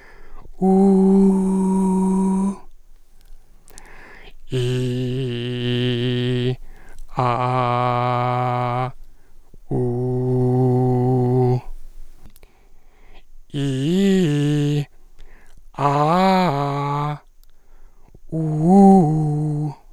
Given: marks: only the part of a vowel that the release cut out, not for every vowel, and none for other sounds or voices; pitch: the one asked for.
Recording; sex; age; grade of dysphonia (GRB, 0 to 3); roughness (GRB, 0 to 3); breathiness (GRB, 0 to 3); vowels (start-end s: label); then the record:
sustained vowels; male; 30 to 39 years; 3; 3; 3
0.67-1.27 s: vowel /u/, high pitch
4.60-6.47 s: vowel /i/, low pitch
7.25-8.83 s: vowel /a/, low pitch
9.78-11.51 s: vowel /u/, low pitch
13.59-14.76 s: vowel /i/, low-high-low pitch
15.88-17.05 s: vowel /a/, low-high-low pitch
18.39-19.55 s: vowel /u/, low-high-low pitch
From the record:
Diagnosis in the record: recurrent laryngeal nerve paralysis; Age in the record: 30 years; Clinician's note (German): Links mit unklarer Genese und hyperfunktioneller Kompensation ; 2. Aufnahme gemacht, beim Drehen des Kopfes nach li, Qualitätsverlust und keine glottale Anregung mehr (kein EGG)